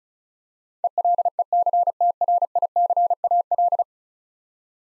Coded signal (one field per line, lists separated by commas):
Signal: Morse code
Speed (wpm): 36 wpm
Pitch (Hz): 700 Hz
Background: none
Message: ELECTRICAL